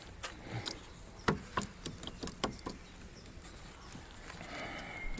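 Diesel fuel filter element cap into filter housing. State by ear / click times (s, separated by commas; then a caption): not seated / none. During a fuel filter change on a 2008–2015 Mk2 Skoda Superb CR170 diesel, the cap of the diesel fuel filter element is pushed down into the filter housing. A few sharp plastic knocks and taps sound around 0.7, 1.3, 1.6, 1.9 and 2.4 seconds over low background noise. The cap has not clicked down, so it has to be lifted out and fitted by hand.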